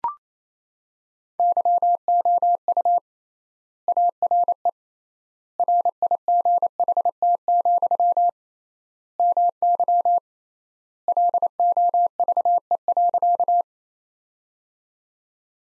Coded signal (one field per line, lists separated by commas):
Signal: Morse code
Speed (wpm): 27 wpm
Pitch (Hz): 700 Hz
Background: none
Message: YOU ARE RIGHT, MY LOVE.